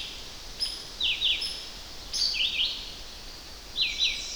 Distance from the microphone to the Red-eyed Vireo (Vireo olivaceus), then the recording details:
about 20 m. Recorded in boreal forest in Alberta, Canada, on 10 June 2016 at 07:12. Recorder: SongMeter 3, array SBT-3-39. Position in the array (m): 201 m, 126 m